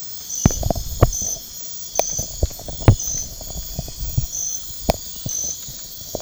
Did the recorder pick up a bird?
no